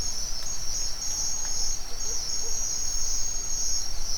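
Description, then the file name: Crickets produce an unbroken high-pitched trill, with a few faint soft low notes in the background. Forest at dawn in Mexico. "felix blume nature ambience forest dawn owl birds crickets insects mexico"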